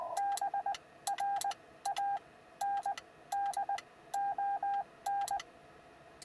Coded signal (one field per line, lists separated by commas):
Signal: Morse code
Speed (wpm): 20 wpm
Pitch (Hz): 800 Hz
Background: none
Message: BRANDON